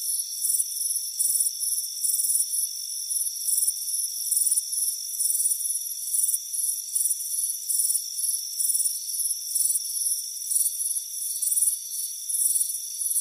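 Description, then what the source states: Cricket chirps, rapid and high, in trilled bursts layered over a constant whining hum. Crickets chirping on a warm afternoon on a front porch.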